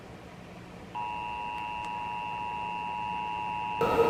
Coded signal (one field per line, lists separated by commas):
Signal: Emergency Alert System (SAME) tones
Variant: 853 and 960 Hz attention tone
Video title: NOAA Weather Radio Weekly Tests (EAS #2026-2032)